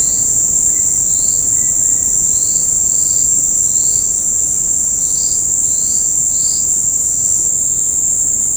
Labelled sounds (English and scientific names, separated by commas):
none